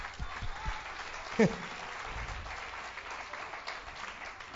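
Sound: audience applauding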